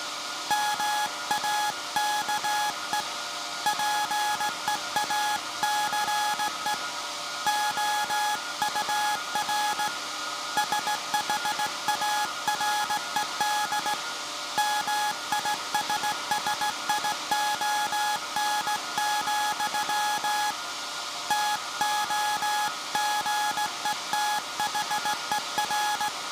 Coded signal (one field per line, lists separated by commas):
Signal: Morse code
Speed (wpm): 17 wpm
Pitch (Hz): 840 Hz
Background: none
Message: MAKE PEACE OUR SHARED MISSION, TOGETHER